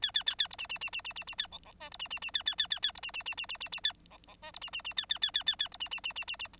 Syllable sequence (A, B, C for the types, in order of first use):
A A A A B C C C C C C C A D D E B C C C A A A A A B C C C C C C C A D D E B C C C A A A A A A B C C C C C C